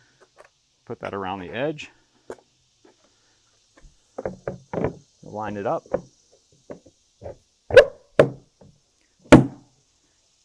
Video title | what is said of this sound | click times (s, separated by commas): Installing Risers on Shayz In-Pool Lounger - By Tenjam | and you hear that snap so that's how you install the Riser don't be scared about just having to push on it too hard | 9.3 s